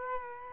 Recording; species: mosquito wingbeat signal from an infrared sensor; Culex quinquefasciatus